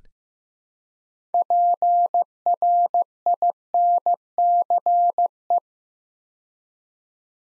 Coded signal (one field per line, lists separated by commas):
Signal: Morse code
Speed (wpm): 15 wpm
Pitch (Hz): 700 Hz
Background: none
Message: PRINCE